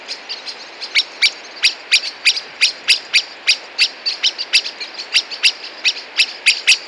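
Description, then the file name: Common blackbird calling loudly with crisp, clicking chip notes repeated rapidly and fairly steadily from start to finish. "Turdus merula"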